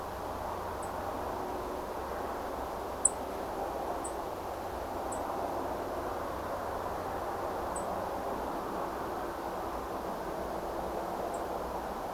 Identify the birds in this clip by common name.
Song Thrush